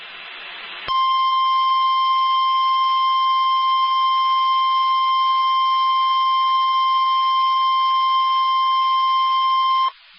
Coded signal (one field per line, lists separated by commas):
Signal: Emergency Alert System (SAME) tones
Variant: 1050 Hz attention tone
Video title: 2 snow squall warnings 2/20/21 (EAS #14 15)